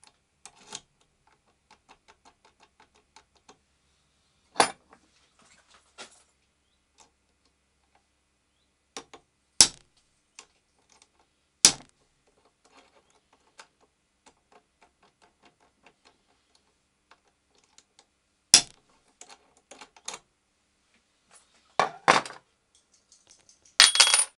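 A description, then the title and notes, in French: A five-pin lock being worked with a bump key: sharp metallic strikes ring out every few seconds, near 5, 9.5, 12, 18.5 and 22 seconds. Between them come faint ticks and small scraping clicks, growing busier and denser toward the end. Serrure à 5 goupilles no-name, bump-key.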